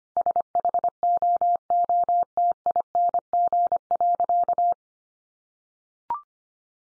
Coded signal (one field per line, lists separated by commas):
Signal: Morse code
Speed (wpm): 25 wpm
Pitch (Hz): 700 Hz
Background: none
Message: SHOOTING.